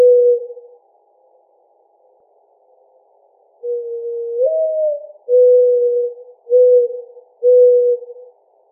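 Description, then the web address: Mourning dove cooing: a brief coo, a pause, then a drawn-out rising coo followed by three steady coos. Recorded 14 July 2009. "Mourning Dove 2009 07 14"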